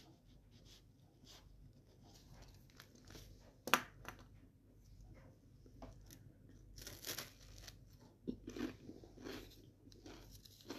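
Someone makes and eats crunchy sandwiches, with irregular crackly crunches and small rustles over a steady low hum. A sharp, loud crack lands near the four-second mark, and a denser run of bright crunching bites follows from about seven seconds to the end.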